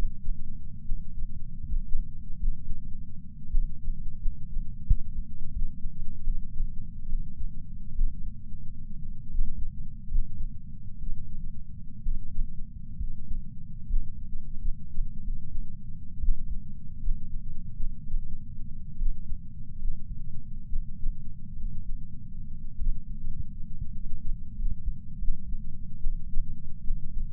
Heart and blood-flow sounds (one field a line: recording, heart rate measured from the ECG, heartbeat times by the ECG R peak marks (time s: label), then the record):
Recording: heart sounds by patch sensor on the chest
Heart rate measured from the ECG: 67 bpm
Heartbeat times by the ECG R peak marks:
0.83 s: heartbeat
1.65 s: heartbeat
2.35 s: heartbeat
3.49 s: heartbeat
4.19 s: heartbeat
5.49 s: heartbeat
6.21 s: heartbeat
7.07 s: heartbeat
7.93 s: heartbeat
9.27 s: heartbeat
10.05 s: heartbeat
10.95 s: heartbeat
11.99 s: heartbeat
12.95 s: heartbeat
13.83 s: heartbeat
14.59 s: heartbeat
15.19 s: heartbeat
16.17 s: heartbeat
16.99 s: heartbeat
17.74 s: heartbeat
18.96 s: heartbeat
19.76 s: heartbeat
20.66 s: heartbeat
21.54 s: heartbeat
22.74 s: heartbeat
23.90 s: heartbeat
24.52 s: heartbeat
25.16 s: heartbeat
25.98 s: heartbeat
26.82 s: heartbeat
From the record:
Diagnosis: coronary artery disease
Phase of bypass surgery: postoperative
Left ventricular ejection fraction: 41.5%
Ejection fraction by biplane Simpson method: 34.6%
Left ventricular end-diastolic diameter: 67 mm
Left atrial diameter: 53 mm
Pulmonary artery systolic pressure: 24 mmHg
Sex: male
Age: 61 years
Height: 174 cm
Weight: 80 kg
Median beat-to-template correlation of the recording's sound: 0.54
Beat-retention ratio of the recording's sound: 0.99